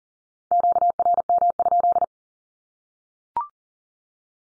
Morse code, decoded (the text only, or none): QRM?